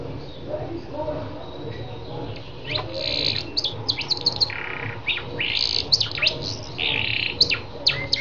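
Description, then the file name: Lancashire canary song starting after a quiet opening, with high chirps, short buzzy trills and sweeping whistled notes in quick bursts. "canto do canario lancashire"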